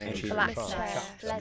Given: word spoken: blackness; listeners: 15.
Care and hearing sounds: one English word in noise, from a listening test; four-talker babble; 0.3 dB; 0 of 15; 7 of 15; 1.01 s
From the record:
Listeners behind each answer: 7, 2, 2, 1, 1, 1, 1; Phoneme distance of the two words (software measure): 41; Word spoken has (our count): 2 syllables, 7 phonemes, stress on syllable 1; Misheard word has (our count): 2 syllables, 6 phonemes, stress on syllable 2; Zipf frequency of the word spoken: 2.81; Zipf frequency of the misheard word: 4.20

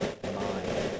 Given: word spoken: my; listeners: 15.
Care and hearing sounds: one English word in noise, from a listening test; noise modulated by three-talker babble; -4.4 dB; 2 of 15; 6 of 15; 0.60 s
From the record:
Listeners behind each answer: 6, 3, 2, 2, 1, 1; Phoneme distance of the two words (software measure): 14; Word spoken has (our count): 1 syllable, 2 phonemes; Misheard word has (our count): 1 syllable, 4 phonemes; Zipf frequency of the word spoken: 6.52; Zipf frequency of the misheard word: 5.47

